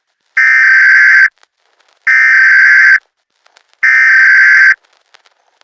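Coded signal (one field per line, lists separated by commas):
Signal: Emergency Alert System (SAME) tones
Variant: header bursts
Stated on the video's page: Fictional EAS scenario, not a real alert.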